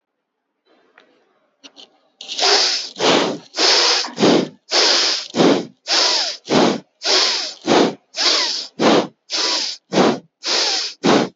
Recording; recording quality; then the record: shallow breathing; excellent, no background noise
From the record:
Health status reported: healthy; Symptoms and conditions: none ticked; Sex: male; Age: 28 years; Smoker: not ticked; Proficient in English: yes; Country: India